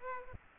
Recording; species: mosquito wingbeat signal from an infrared sensor; Aedes aegypti